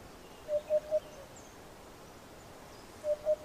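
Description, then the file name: Eurasian hoopoe song: a low, mellow triple hoot, then the next series starting at the end, over quiet background noise. "Abubilla"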